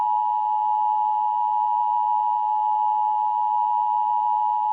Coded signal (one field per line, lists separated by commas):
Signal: Emergency Alert System (SAME) tones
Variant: 853 and 960 Hz attention tone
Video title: Post-Ides of March Alerts - EAS Alerts from 3/15-16/26 (New EAS 980-986)